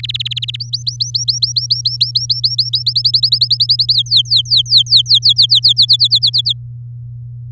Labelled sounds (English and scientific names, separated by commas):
Domestic Canary (Serinus canaria) song